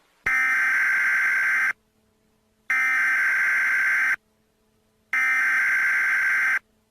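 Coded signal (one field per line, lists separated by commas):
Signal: Emergency Alert System (SAME) tones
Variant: header bursts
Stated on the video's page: Fictional EAS scenario; simulated alert.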